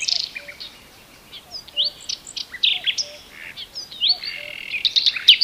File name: Luscinia megarhynchos